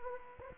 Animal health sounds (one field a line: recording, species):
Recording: mosquito wingbeat signal from an infrared sensor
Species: Anopheles gambiae